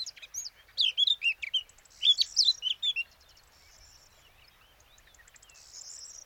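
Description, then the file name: Eurasian blackcap song: two quick bursts of bright, looping whistled notes in the first three seconds, followed by quiet high twittering. "Sylvia atricapilla"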